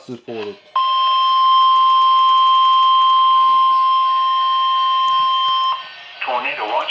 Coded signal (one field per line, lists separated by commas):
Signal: Emergency Alert System (SAME) tones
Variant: 1050 Hz attention tone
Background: speech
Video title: THE TORNADOES IS COMPLETELY OF NIGHT OF FLUUDZ... EAS Alerts From 4/27/24 - 4/28/24 (EAS#959 - #981)